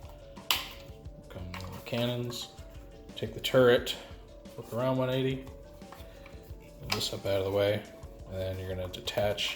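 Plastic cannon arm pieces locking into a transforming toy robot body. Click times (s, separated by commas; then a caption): 0.5 s. The plastic arm pieces of a transforming toy robot are straightened out to form cannons and pushed into the body until they click into place, with a sharp click at 0.5 s. Fainter plastic handling knocks follow as someone talks. The cannon pieces end up seated.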